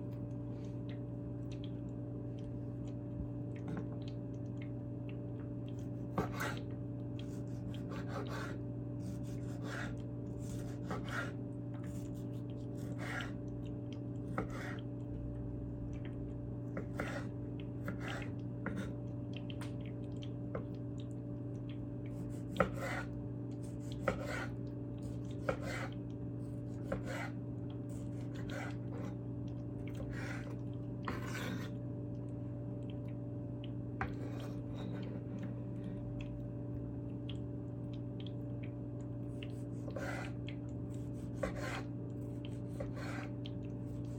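Tomatoes are sliced on a cutting board, with short crisp cuts and scrapes arriving every second or two, some in quick pairs. A steady low hum sits underneath throughout, and a few louder knocks stand out midway.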